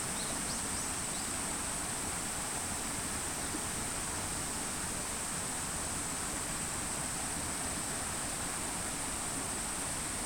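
A field recording from Kyoto: a dense, unbroken rush like flowing water fills the whole ten seconds without change. A thin, high, steady buzz sits on top throughout, and a few faint bird-like chirps flick past in the first second.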